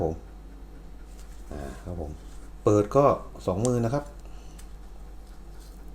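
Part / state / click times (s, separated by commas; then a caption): folding knife blade into its lock / not seated / none. A Columbia B3154 folding knife with a steel blade is opened with two hands while someone talks. A few faint handling ticks are heard at about 1.2 s and 4.6 s, but the blade has not yet locked into place and no lock click has sounded by the end of the clip.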